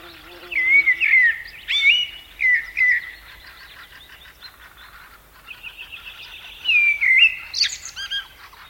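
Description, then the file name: Blackbird song of flowing, fluty phrases with sliding notes, broken by short pauses and closing in squeaky twitters. A low hum is heard briefly at the start. "Turdus merula"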